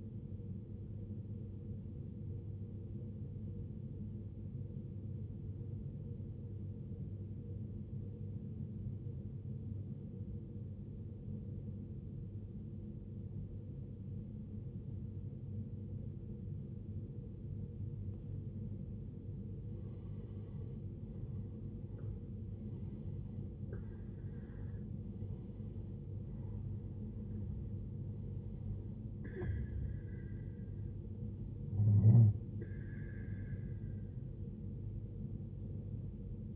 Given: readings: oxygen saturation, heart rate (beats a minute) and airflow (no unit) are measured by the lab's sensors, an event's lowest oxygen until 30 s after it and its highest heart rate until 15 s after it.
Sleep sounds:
breathing in sleep by a smartphone at the bedside; 1
6.00-20.80 s: obstructive apnea (N1, oxygen 94% highest, then 86% lowest, heart rate 56 at the start, 74 highest)
From the record:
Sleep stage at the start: N1 (lightest sleep); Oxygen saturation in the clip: 88 to 94%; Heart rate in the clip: 55 to 74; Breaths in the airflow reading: 5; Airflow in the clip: -13.8 to 16.2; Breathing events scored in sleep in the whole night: 389 in 6.3 hours asleep

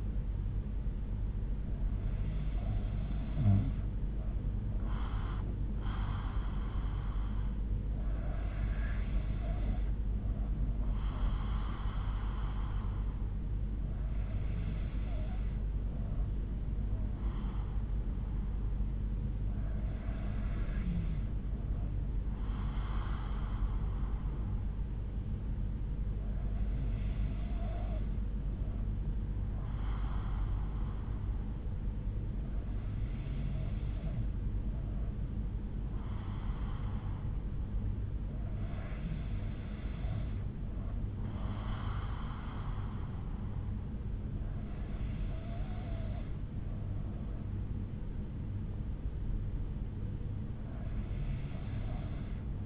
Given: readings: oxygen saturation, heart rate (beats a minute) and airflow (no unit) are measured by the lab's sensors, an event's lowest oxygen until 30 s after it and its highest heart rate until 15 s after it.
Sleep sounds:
breathing in sleep by a smartphone at the bedside; none
none scored
From the record:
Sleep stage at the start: N3 (deep sleep); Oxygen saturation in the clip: 93 to 94%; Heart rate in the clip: 58 to 62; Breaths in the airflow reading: 9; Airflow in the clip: -5.9 to 4.0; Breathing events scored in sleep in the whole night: 368 in 8.0 hours asleep

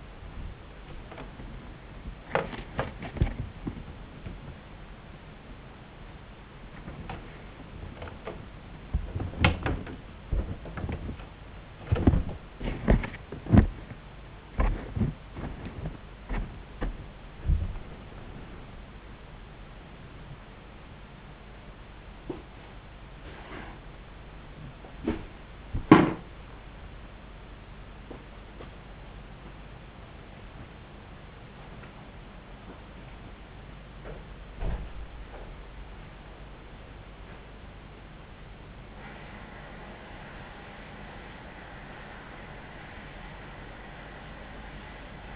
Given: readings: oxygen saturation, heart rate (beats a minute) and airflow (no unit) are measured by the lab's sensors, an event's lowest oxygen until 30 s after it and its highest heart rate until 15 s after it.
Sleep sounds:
a person awake in a sleep study, by a voice recorder at the bedside; none
0.00-45.36 s: awake
From the record:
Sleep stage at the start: awake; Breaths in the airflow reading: 17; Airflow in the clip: -0.8 to 1.4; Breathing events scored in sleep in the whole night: 270 in 6.1 hours asleep

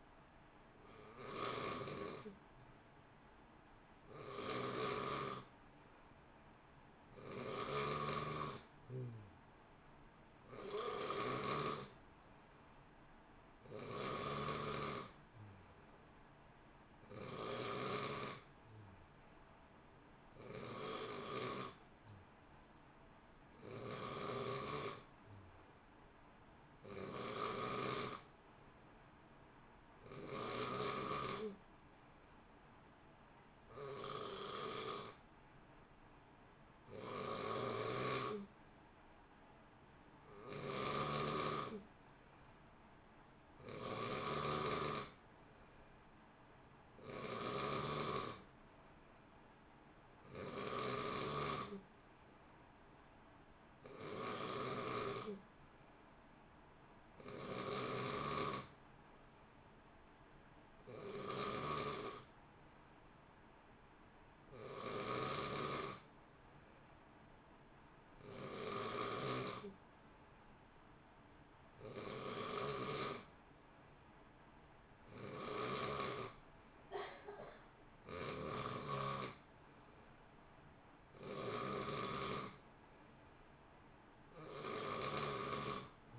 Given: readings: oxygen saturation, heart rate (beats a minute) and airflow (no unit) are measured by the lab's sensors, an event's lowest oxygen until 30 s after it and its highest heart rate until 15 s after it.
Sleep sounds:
breathing in sleep by a voice recorder at the bedside; none
none scored
From the record:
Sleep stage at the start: N3 (deep sleep); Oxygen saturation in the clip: 89 to 91%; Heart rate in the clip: 57 to 63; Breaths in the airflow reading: 27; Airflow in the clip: -0.8 to 1.1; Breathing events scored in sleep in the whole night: 328 in 6.3 hours asleep

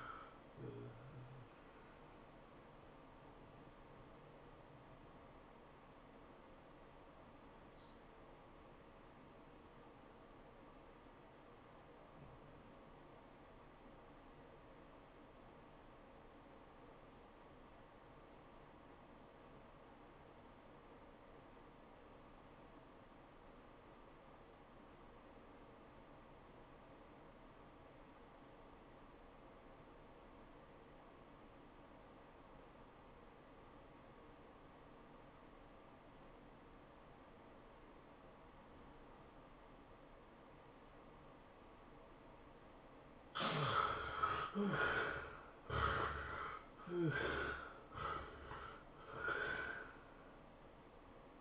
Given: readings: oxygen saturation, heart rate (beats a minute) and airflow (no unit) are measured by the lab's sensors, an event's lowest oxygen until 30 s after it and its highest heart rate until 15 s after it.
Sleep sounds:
breathing in sleep by a voice recorder at the bedside; 1
5.00-42.80 s: obstructive apnea (REM, oxygen 97% highest, then 63% lowest, heart rate 97 at the start, 114 highest)
From the record:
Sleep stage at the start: REM sleep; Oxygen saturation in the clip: 67 to 97%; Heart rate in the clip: 74 to 112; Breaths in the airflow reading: 5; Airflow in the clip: -15.7 to 10.9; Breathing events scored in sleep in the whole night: 403 in 5.5 hours asleep

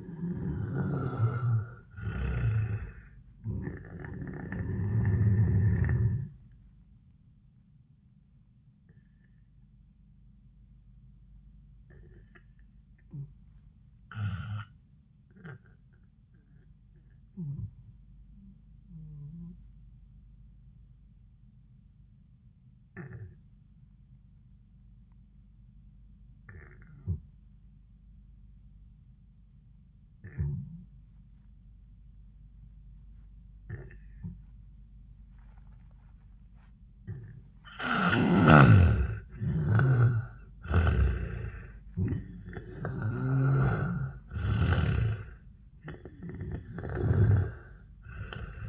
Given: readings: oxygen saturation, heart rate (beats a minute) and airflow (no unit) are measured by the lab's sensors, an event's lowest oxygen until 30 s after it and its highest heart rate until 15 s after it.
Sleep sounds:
breathing in sleep by a smartphone at the bedside; 1
9.00-36.90 s: obstructive apnea (N1, oxygen 97% highest, then 78% lowest, heart rate 90 at the start, 97 highest)
26.00-48.69 s: new sleep stage, N2 (light sleep)
From the record:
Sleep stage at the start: N1 (lightest sleep); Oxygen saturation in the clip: 78 to 97%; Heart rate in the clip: 79 to 95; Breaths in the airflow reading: 4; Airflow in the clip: -19.7 to 11.9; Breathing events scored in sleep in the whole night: 400 in 8.7 hours asleep

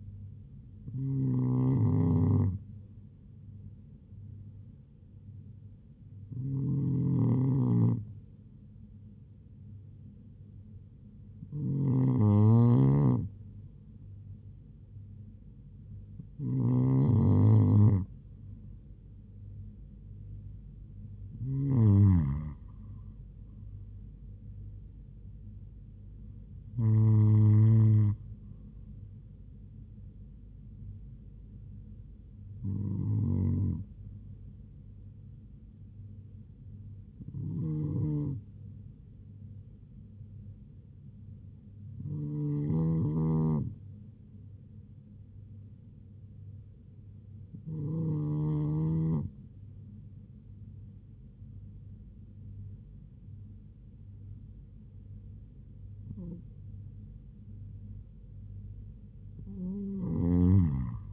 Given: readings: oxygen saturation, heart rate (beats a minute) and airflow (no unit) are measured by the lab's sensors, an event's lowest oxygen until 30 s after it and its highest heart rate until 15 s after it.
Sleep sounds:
breathing in sleep by a smartphone at the bedside; none
none scored
From the record:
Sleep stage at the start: N2 (light sleep); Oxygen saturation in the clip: 96 to 98%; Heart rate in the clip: 70 to 78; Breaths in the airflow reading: 13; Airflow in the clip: -3.4 to 4.5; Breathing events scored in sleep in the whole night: 158 in 7.3 hours asleep

